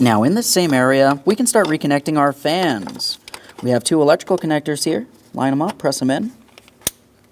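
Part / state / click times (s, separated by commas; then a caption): cooling fan wiring connector into fan harness plug / seated / 6.9 s. Someone talks while a plastic electrical connector for the cooling fan on a 2015-2025 Ford Transit 250 3.7L V6 is lined up and pressed into the fan harness plug during radiator replacement. After two faint ticks, a sharp click sounds at 6.9 s as the latch catches, and the connector is seated and secure.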